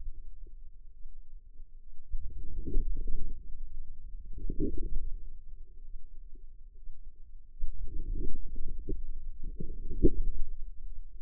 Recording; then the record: forearm muscle sounds (acoustic myography)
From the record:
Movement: outward rotation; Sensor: system 2, bracelet of six BSWA MPA416 microphones around the upper forearm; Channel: 1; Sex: female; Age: 25 years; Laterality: right